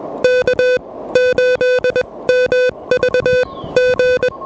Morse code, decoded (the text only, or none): K8MV G